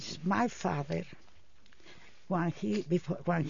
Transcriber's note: none